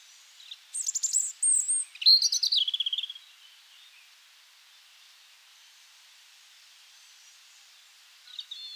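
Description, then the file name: European robin song, one high, liquid phrase of sliding whistles and rapid trilled notes, followed by a quiet stretch and a faint final note. "Erithacus rubecula"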